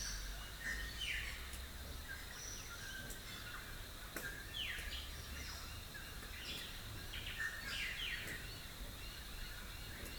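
A rural dawn chorus in Rathdowney, Queensland: many birds call at once, with quick downward-sweeping chirps and whistles repeating every second or two. A steady high hiss of insects runs throughout, over a low rumble in the background.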